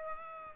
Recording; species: mosquito wingbeat signal from an infrared sensor; Aedes aegypti